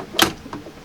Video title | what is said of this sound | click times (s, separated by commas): 2020 Airstream BAMBI 16RB Full Demonstration/New Owner Orientation | you simply pull up on those tabs, lock this into place. | 0.2 s